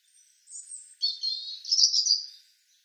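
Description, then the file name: European robin phrase: a thin high note sliding into a rich, rapid warbling trill. "Erithacus rubecula"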